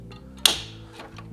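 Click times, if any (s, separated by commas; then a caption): 0.5 s. On a Xerox WorkCentre 7800 Series copier, the orange plastic release tab on top of the second bias transfer roll, which sits on the opened side door, is pushed hard in the direction of its arrow. A single sharp click rings out at 0.5 s over a steady low hum, with faint ticks near 0.1 s and 1.2 s. The tab has clicked and the roll is unlocked for removal.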